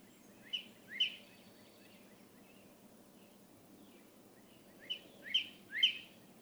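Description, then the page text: Northern cardinal giving sharp, metallic chip notes: a pair of chips, a pause of several seconds, then three more chips against a soft background hiss. Male leaving his night roost and beginning his day in the morning, in a crabapple tree in a yard in Hatfield, Massachusetts; late April–early May 2018. "Northern Cardinal. Cardinals awaking—13 mornings to explore!"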